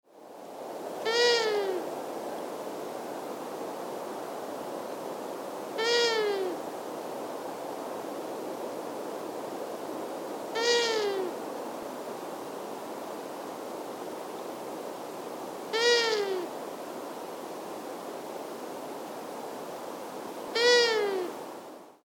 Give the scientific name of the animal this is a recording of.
Asio otus